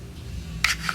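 A replacement metal back cover plate is slid onto the rear of a Glock pistol slide, over the depressed spring-loaded spacer sleeve. It snaps into place with a sharp click at 0.6 s, followed by a softer tick at 0.9 s, over a low steady hum. The back plate is seated.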